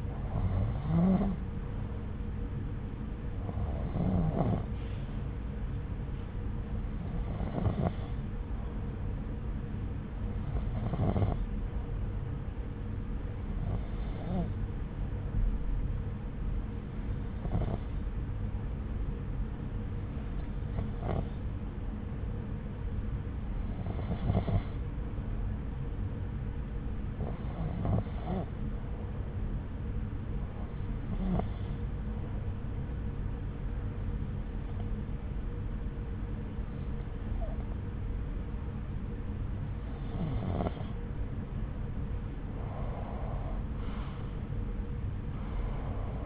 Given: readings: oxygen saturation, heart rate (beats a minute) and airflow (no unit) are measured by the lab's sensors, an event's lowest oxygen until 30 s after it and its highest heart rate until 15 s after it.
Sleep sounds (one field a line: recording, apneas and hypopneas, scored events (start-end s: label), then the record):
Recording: breathing in sleep by a smartphone at the bedside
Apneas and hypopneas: 1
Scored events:
11.00-42.20 s: hypopnea (N1, oxygen 92% highest, then 89% lowest)
13.00-43.00 s: new sleep stage, N2 (light sleep)
43.00-46.26 s: new sleep stage, N1 (lightest sleep)
From the record:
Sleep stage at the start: N1 (lightest sleep)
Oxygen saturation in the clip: 89 to 93%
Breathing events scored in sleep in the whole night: 303 in 8.1 hours asleep